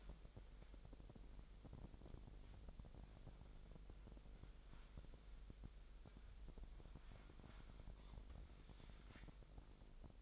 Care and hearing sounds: daily activity, microphone in the room; wipe stove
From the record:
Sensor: 5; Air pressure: 1001.0 hPa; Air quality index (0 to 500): 247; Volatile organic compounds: 34 ppm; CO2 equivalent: 3043 ppm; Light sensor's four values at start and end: 29/66/27/25 and 29/66/27/25

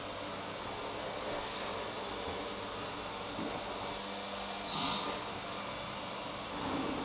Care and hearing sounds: daily activity, microphone in the room; vacuum cleaning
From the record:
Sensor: 1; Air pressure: 995.3 hPa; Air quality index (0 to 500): 25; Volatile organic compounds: 1 ppm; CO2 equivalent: 508 ppm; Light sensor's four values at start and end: 17/57/21/23 and 17/58/21/23

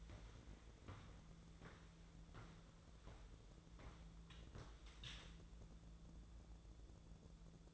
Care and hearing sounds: daily activity, microphone in the room; walk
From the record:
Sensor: 3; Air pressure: 1005.4 hPa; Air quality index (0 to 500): 96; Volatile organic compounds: 3 ppm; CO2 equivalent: 1499 ppm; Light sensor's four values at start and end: 10/24/10/9 and 10/23/9/9

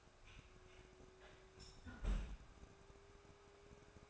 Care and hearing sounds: daily activity, microphone in the room; close fridge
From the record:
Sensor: 2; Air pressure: 1004.4 hPa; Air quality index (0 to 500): 185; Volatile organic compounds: 10 ppm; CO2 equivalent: 2218 ppm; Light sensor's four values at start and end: 4/10/4/4 and 4/10/4/4

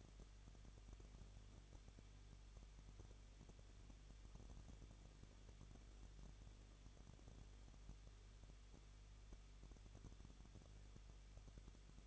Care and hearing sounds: daily activity, microphone in the room; no activity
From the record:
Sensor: 4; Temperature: 23.0 degrees Celsius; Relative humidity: 34.1%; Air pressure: 1007.4 hPa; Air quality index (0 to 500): 213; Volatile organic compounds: 14 ppm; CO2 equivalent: 2457 ppm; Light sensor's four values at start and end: 2/3/1/1 and 2/3/1/1

